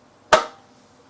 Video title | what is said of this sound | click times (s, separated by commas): Project Audi - Episode 21: New Rotary-Forged TSW Mechanica Wheels! | just pops right in here | 0.3 s